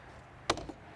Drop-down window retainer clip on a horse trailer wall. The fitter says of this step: and then these do pop into place so i'm going to see how that's grabbing right there